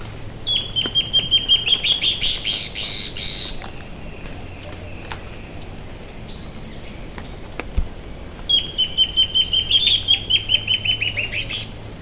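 Bird produces two bursts of rapid, high, clipped notes, the second after a pause of several seconds, over a persistent high insect drone with occasional clicks.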